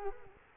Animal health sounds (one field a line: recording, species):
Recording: mosquito wingbeat signal from an infrared sensor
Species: Culex quinquefasciatus